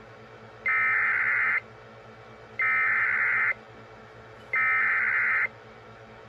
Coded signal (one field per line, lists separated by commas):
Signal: Emergency Alert System (SAME) tones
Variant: header bursts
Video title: Grand Rapids SVR (EAS #93)